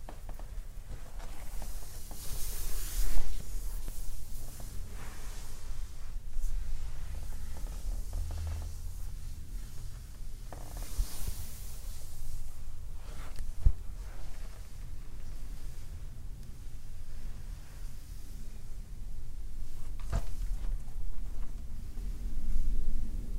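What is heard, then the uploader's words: Soft clothes rustling and rubbing massage sounds continue throughout, with bright hissy swells near 3 and 11 seconds and sharp clicks around 14 and 20 seconds. ASMR — Reiki Aura Energy Cutting with Gemstones and Smoke.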